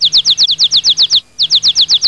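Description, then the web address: Bird calls, a rapid series of high, slurred chirps, about eight per second, in two bursts with a short pause between them. "特酷声音素材库 动物 鸟 Bird"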